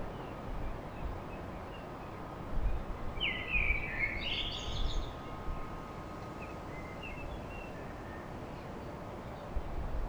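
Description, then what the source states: Common blackbird giving one clear warbled phrase with a scratchy high ending midway, then a few faint notes, against continuous low rumble and a faint hum. Recorded at dawn in Paris.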